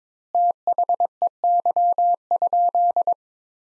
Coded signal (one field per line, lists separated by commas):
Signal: Morse code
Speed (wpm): 22 wpm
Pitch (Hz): 700 Hz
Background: none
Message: THEY?